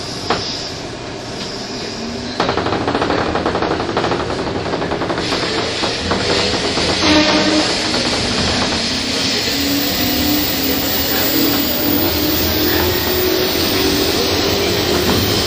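A train running between Tokyo and Takao, heard as a steady, dense rumble and rattle. Around two seconds in the noise jumps louder and stays full, with a fast, regular clatter of wheels and a thin whine that rises slowly toward the end.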